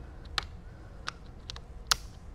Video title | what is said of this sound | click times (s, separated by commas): Restoring a 20 year old BMW M3 - Project E46 S54 Build - Ep 2 - Dropping in Piston and Rods - 4K | we go. Now it snapped into place, as you heard. So now you see it holding in there. | 1.9 s